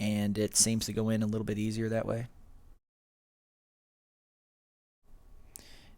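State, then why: Seated. Someone talks as the replacement screen/digitizer assembly of an LG G5 smartphone, angled in at the top, is pressed down into the phone's frame. After a quiet gap and some faint handling noise, a sharp click sounds at 5.6 s as its plastic clips snap in, and the screen is seated in the frame.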